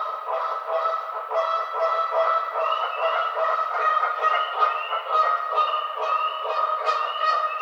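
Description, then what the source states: Canada goose: geese calling in a dense flock, a thick layer of overlapping honks, with sharper rising honks standing out in the second half. Recorded 18 April 2009.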